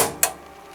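The first of three clip releases on a cap hoop is pressed open to remove the hoop from the cap driver of a Melco embroidery machine. A fading broadband rustle opens the clip, followed by a sharp, bright snap at 0.2 s. The clip releases.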